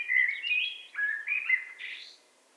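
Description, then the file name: Eurasian blackbird singing a rich, flowing phrase of fluty whistles that dips and rises, then finishes in a brief squeaky flourish. "Turdus merula"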